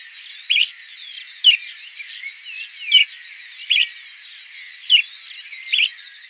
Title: LuckyPassaro Completos2Sama. Bran-colored Flycatcher (Myiophobus fasciatus)